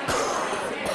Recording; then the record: coughing mixed with background sound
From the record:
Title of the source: Coughing 79